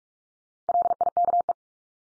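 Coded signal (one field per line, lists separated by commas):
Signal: Morse code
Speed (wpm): 44 wpm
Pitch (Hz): 700 Hz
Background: none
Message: LIKE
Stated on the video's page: Morse drill of the 100 most common English words at 45 wpm, each sent three times, spoken, then sent again for head-copy.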